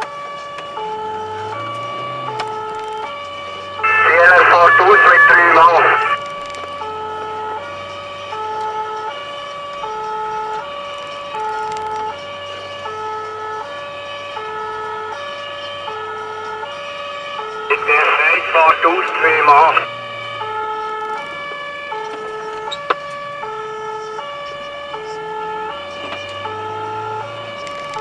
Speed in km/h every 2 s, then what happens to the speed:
29, 42, 56, 61, 67, 64, 67, 67, 64, 59, 40, 29, 37, 47.
0-7 speeds up to 67. 7-14 steady at about 67. 14-21 brakes to 29. 21-28 speeds up to 47.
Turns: 18-23.